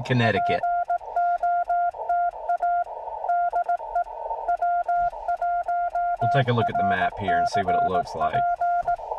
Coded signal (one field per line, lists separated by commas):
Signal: Morse code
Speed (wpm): 18 wpm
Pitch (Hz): 690 Hz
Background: speech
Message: POTA DE W1RCP